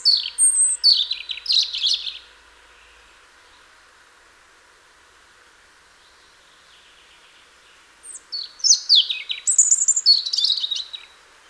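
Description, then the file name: European robin singing two varied phrases of high, liquid trills and thin whistles, separated by roughly six seconds of quiet with a low background hum. "Erithacus rubecula"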